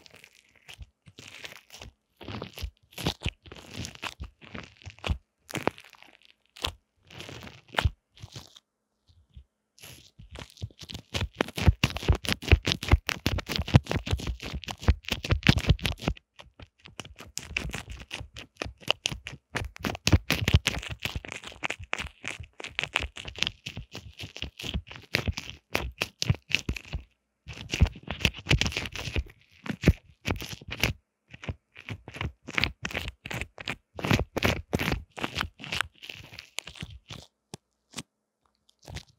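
Earphone mic tingles: dense crackling, crunching and scratching taps across the whole range, with a bright hiss band on top. Sparse clicks open the first ten seconds, then the scratching grows thick and busy, easing briefly around 27 seconds before picking up again.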